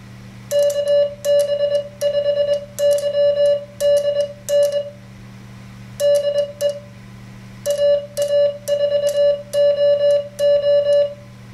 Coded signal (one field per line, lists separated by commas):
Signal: Morse code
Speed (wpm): 21 wpm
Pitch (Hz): 580 Hz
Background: none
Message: KB5YDN DE AA4OO